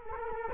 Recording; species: mosquito wingbeat signal from an infrared sensor; Culex quinquefasciatus